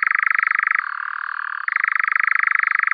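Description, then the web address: European nightjar churring, a loud continuous rapid mechanical trill that drops to a lower, smoother pitch for almost a second before returning to the higher rattling churr. "Caprimulgus europaeus"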